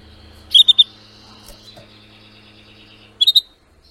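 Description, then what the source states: Canary (Spanish Timbrado): canary song in two short bursts of high, clipped chirps near the start and end, linked by a faint, thin trill, with a low steady hum underneath. Spanish Timbrado canary singing; the Portuguese title also calls it a Belgian canary (canário belga).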